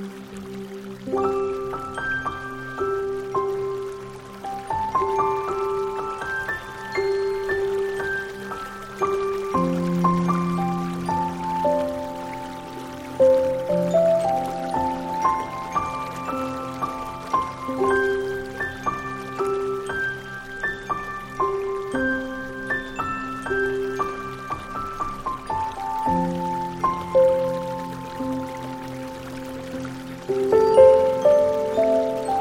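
A Chinese-inspired melody of plucked, bell-like notes rises and falls in quick runs over sustained low tones that shift every few seconds. Beneath the music a soft, steady trickle of water runs throughout, gentle, like a small stream.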